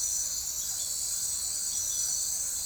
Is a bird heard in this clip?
no